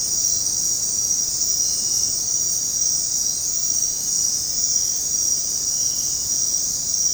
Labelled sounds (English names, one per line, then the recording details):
none
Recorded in dense forest near Puerto Asís, Putumayo, Colombia, on 19 February 2024 at 22:00
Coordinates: 0.503, -76.322
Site G6418